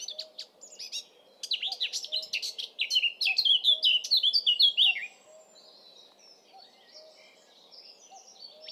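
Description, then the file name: Eurasian blackcap singing a fast, rich warble that builds into clearer fluting notes before stopping, followed by quieter scattered high notes and faint low tones. "Sylvia atricapilla"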